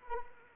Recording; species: mosquito wingbeat signal from an infrared sensor; Anopheles arabiensis